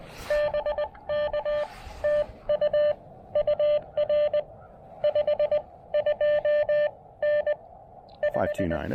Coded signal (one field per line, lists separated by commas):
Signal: Morse code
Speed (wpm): 20 wpm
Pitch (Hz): 600 Hz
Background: none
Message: BK TU UR 52N 5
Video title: Cape Hatteras: POTA activation at an Iconic North Carolina Lighthouse!